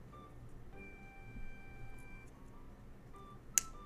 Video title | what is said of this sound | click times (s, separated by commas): 【GUNPLA BUILDING】i'm just playing games i know that's plastic model | there we go little click now we got our little piece here | 3.6 s